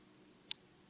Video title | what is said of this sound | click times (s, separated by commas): Transformers: Prime Deluxe STARSCREAM | just like that I don't know if you heard that but there is a click there | 0.5 s